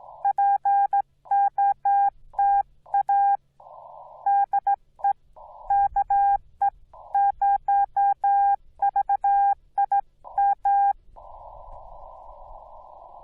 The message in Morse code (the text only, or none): POTA DE KE0VIM